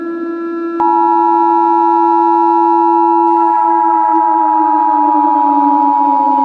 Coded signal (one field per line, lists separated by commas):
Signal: Emergency Alert System (SAME) tones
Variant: 853 and 960 Hz attention tone